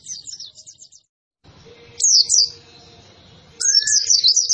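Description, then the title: White-eye song in short high twittering bursts separated by quieter gaps, with a steady faint tone in the later part. Training recording for cage birds, described as gacor, meaning vigorous, frequent singing. "Pleci Gacor 02. Masteran Burung PLECI Paling DICARI Untuk Cetak PRESTASI"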